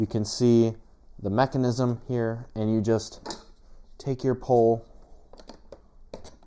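Someone talks while holding a plastic support pole up to the lift mechanism of a Halloween tombstone lifter animatronic, ready to push it in. After the talking, a few faint, sharp handling ticks sound near 5.4, 5.5, 6.1 and 6.5 seconds. The pole has not snapped in or seated yet.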